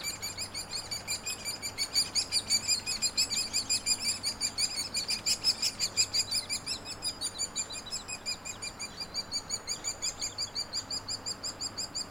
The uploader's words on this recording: Hairy Woodpeckers, nestlings and adults no name trail across from Frazer Point Schoodic division, Acadia National Park Fostex Fr2, Sennheiser ME 64. High Pass Filter (250hz). 617am.